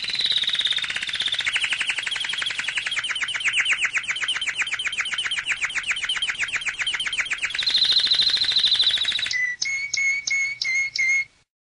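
Canary song: long rolling trills changing tempo and pitch, a brief higher buzzy section, then a series of clear whistled notes.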